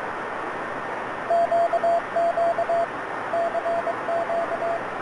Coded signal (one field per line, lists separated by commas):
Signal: Morse code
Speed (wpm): 22 wpm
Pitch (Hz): 680 Hz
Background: radio noise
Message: QQ CQ